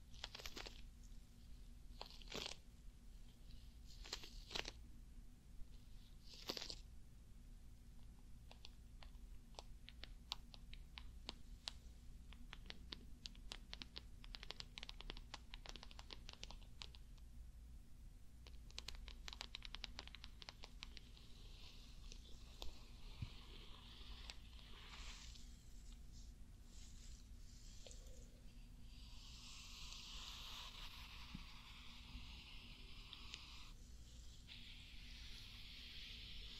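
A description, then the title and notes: A face massage, with close, crisp taps and clicks in the first seconds giving way to dense squishy rubbing and crackle. After about 25 seconds, soft brushing swishes take over. A low, steady hum runs underneath throughout. ASMR Relaxing Face Massage and Pampering.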